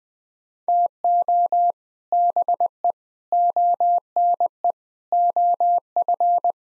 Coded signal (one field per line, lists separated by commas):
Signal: Morse code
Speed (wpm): 20 wpm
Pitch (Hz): 700 Hz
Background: none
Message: TO BE ONE OF